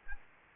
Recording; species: mosquito wingbeat signal from an infrared sensor; Aedes aegypti